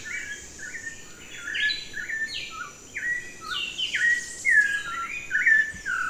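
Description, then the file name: Thrush singing a continuous run of varied, fluty and slurred whistled phrases over a faint high hiss. "grive"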